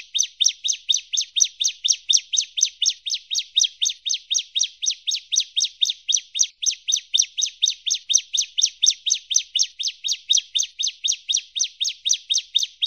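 Bar-winged prinia delivering a sustained, rhythmic run of high chirped notes, roughly four each second, very regular, with no other sounds heard.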